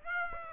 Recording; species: mosquito wingbeat signal from an infrared sensor; Aedes aegypti